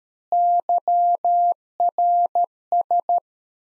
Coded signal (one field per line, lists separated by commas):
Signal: Morse code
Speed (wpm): 13 wpm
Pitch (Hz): 700 Hz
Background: none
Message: YRS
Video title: Practice QSO - Exchange 3- More Info - 13wpm